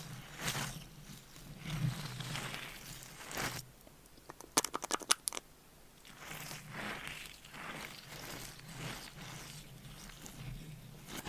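Soft brushing and scratching on a microphone, with slow, uneven swishes that rise and fall every second or so. Around the middle, a quick burst of sharp taps cuts through for about a second before the gentle rubbing strokes resume with a low hum underneath.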